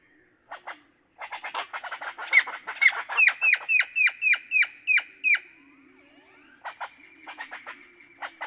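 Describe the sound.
Great-tailed grackle produces a rapid series of dry clacks building into sharp, upslurred whistled notes repeated quickly, then scattered clicks trailing off.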